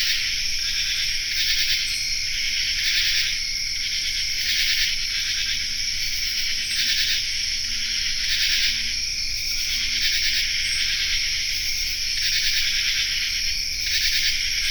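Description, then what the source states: Common true katydid raspy song in an insect chorus, buzzy phrases repeated in irregular pulses over a constant high drone. Raspy song of the common true katydid in an insect chorus, recorded on a forested hillside in Land of Lakes, Kentucky.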